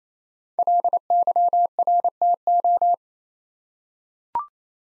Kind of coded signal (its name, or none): Morse code